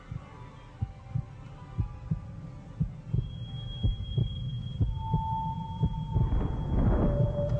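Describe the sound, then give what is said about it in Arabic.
A person's heart beats in steady, low thuds in a dark, very quiet underground passage, roughly paired lub-dub pulses repeating throughout, over a droning hum with thin sustained tones; a swelling rumble builds toward the end. No one speaks. “اي نعم في هدوء رهيب في المكان، تقريبا انا مش سامع حاجة غير قلبي وهو بيدق.”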